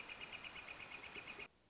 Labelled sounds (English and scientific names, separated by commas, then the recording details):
Northern Flicker (Colaptes auratus)
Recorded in Sonoma County, California